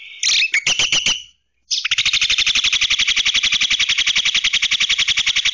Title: Jalak Kerbau